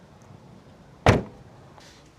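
The car door of an F87 BMW M2 Competition is pulled shut by hand, since it has no automatic release. A single loud thud-click at 1.1 s marks the latch catching on the striker on the body, and the door is closed. Faint background noise follows.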